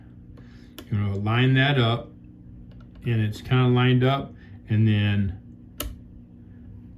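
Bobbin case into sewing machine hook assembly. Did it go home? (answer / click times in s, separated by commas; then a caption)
yes / 5.8 s. A bobbin case is lined up and pushed into the hook area of a Bernina 930 Record sewing machine while someone talks. A single quiet click sounds at 5.8 s as the bobbin case locks into place.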